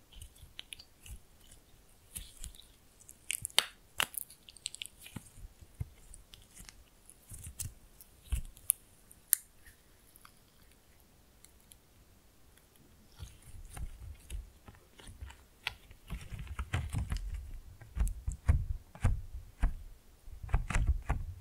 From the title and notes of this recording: ASMR Fun with Slime No Talking.